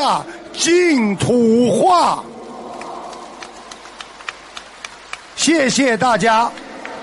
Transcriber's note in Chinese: 掌声